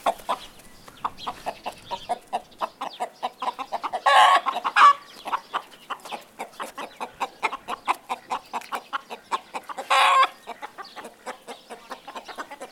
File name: Galinha Cacarejando